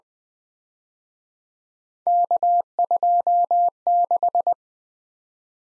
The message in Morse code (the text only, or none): K26